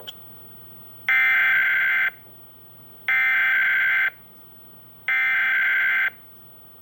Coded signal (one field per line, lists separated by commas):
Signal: Emergency Alert System (SAME) tones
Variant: header bursts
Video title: EAS #79 - Required Monthly Test